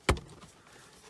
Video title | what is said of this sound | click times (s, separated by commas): Noisefighters Heatsync - Installation on Walker's Razor and similar headsets | snaps into place you do that on the other side | 0.1 s